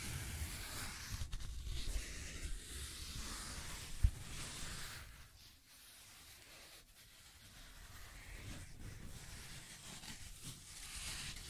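Scratching and tracing sounds drag on without a break, a rough, hissy scraping with a low rumble beneath. A single sharp tap sounds at about four seconds. After that the scraping thins and quiets, then rises again in short swells toward the end.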